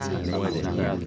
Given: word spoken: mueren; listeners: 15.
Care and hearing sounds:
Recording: one Spanish word in noise, from a listening test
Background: eight-talker babble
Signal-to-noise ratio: -3.5 dB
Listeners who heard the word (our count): 0 of 15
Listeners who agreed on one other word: 6 of 15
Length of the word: 0.66 s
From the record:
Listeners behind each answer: 6, 2, 1, 1, 1, 1, 1, 1, 1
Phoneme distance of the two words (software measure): 7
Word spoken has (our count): 2 syllables, 6 phonemes, stress on syllable 1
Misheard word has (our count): 2 syllables, 5 phonemes, stress on syllable 1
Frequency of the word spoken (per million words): 12.00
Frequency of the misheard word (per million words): 23.17

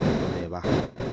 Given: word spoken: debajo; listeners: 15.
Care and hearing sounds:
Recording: one Spanish word in noise, from a listening test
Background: noise modulated by one talker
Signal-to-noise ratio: -7.9 dB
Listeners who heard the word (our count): 5 of 15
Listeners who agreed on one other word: 7 of 15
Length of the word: 0.73 s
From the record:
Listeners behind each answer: 7, 5, 1, 1, 1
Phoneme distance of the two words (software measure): 20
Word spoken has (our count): 3 syllables, 6 phonemes, stress on syllable 2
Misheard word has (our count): 3 syllables, 6 phonemes, stress on syllable 2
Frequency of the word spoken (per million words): 62.50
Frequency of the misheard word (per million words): 9.06

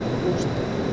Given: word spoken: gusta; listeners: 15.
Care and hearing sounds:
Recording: one Spanish word in noise, from a listening test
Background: speech-shaped noise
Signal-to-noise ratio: -5.7 dB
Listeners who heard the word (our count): 4 of 15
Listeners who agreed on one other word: 8 of 15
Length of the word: 0.54 s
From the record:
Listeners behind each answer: 8, 4, 1, 1, 1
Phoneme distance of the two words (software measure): 10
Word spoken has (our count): 2 syllables, 5 phonemes, stress on syllable 1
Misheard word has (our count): 2 syllables, 5 phonemes, stress on syllable 1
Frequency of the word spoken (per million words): 83.56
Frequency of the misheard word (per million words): 81.73

